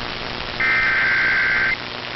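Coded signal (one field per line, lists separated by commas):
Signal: Emergency Alert System (SAME) tones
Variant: header bursts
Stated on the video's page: Real EAS alerts from Texas, personal captures.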